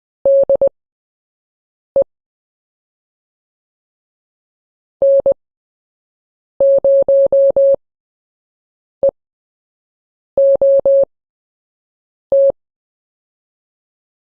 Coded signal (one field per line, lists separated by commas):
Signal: Morse code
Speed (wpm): 20 wpm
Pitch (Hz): 550 Hz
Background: none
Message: DE N0EOT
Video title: CW PROSIGNS